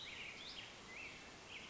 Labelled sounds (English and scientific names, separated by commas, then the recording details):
Black-headed Grosbeak (Pheucticus melanocephalus)
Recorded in Sonoma County, California